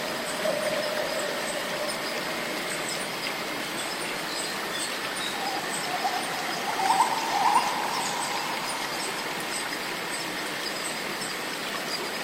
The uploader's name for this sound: Walking in the ancient magical rainforest, stepping through the swamp, the healing sound of cicadas